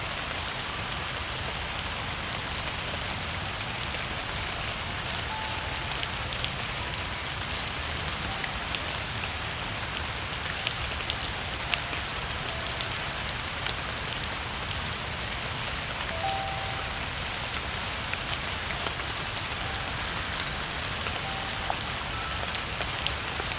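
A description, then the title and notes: Steady, dense rain patters throughout, while a few soft, faint xylophone chimes ring out sparsely and irregularly beneath it. A delightful duet as falling raindrops and the soft chimes of a xylophone come together. Raindrops, like miniature composers, write a melody for the surrounding trees as they lightly tap the xylophone's bars on their way to Earth. This instrument left out in a gentle downpour. Xylophone in the Rain.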